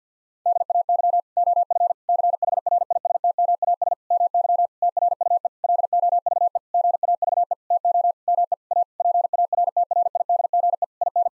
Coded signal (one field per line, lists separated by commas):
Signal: Morse code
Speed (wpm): 50 wpm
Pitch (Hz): 700 Hz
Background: none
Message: DAY OF CHRISTMAS MY TRUE LOVE GAVE TO ME A PARTRIDGE IN